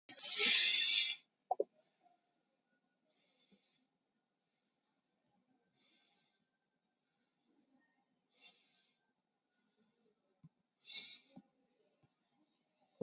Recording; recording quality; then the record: deep breathing; moderate, slight background noise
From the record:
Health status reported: COVID-19 positive, mild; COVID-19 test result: positive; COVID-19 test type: RT-PCR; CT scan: not taken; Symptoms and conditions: cough, cold, sore throat, fatigue, muscle pain, loss of smell and taste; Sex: male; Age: 26 years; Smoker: no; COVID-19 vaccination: none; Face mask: worn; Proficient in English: yes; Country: India